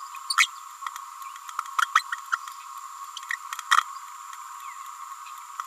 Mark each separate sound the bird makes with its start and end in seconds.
0.37-0.49, 1.82-1.86, 1.95-2.03, 2.32-2.37